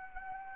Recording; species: mosquito wingbeat signal from an infrared sensor; Anopheles arabiensis